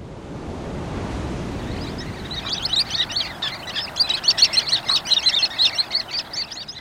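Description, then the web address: Sanderlings calling, a quick run of short, high, clipped notes starting after surf noise and growing into steady twittering over breaking waves. "Birdnote. Sanderlings"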